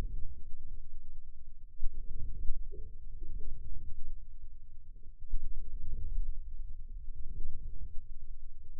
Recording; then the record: forearm muscle sounds (acoustic myography)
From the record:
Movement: inward rotation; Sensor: system 2, bracelet of six BSWA MPA416 microphones around the upper forearm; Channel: 2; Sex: male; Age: 22 years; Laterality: right